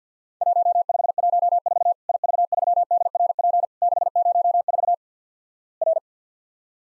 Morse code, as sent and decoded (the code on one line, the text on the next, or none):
.---- ..... .---- ....- / .. ...- ...-- -.. .-. .--. / -.... ----- ....- / .-.
1514 IV3DRP 604 R